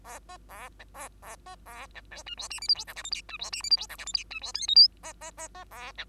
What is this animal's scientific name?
Lonchura striata domestica